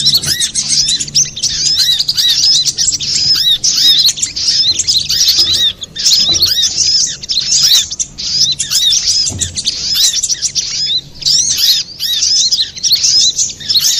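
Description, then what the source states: Little spiderhunter pouring out shrill, rapid chattering and squeaky arched notes, almost unbroken throughout. Master recording for training cage birds; Indonesian name sogok ontong, labelled Labaik.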